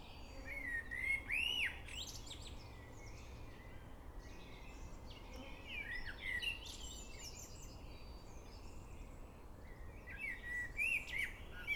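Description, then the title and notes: Birds singing, whistled phrases and quick twittering notes coming and going, with a continuous low background noise. Evening song; Prioksky district, Nizhny Novgorod, Nizhny Novgorod Oblast, Russia. "Приокский р-н, Нижний Новгород, Нижегородская обл., Россия - birds nn. Вечернее пение"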